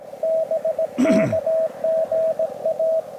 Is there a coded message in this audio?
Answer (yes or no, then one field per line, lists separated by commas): yes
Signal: Morse code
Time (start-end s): 0.2-3.0 s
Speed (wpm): 17 wpm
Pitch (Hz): 650 Hz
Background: radio noise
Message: BK GA